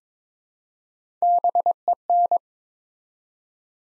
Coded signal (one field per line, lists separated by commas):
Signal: Morse code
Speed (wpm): 22 wpm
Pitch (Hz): 700 Hz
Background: none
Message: BEN